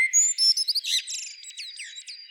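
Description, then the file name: Common blackbird song: a few clear whistled notes followed by a rapid, high, scratchy twitter that fades out toward the end. "Turdus merula"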